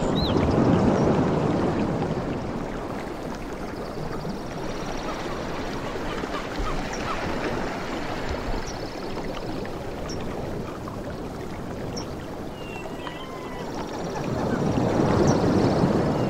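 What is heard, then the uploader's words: Soft beach waves wash in and out in a low, steady rush. A fuller surge swells at the start and again near the end, with a quieter hiss of water between. A few faint chirps and light ticks drift over the top midway. Softest Beach Sounds from the Tropics. Ocean sounds of waves.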